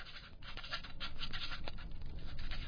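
A pencil scratches steadily across paper in quick, uneven strokes as an author writes, a dry rasping texture that continues without pause and without any voices.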